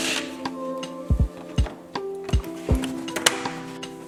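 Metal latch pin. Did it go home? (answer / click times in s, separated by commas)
yes / 3.3 s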